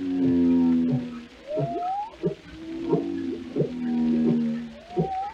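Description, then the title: Whale sounds with steady low moans overlaid by short percussive knocks and two rising whistle-like sweeps. "Journey to the Depths: Discovering the World of Whales"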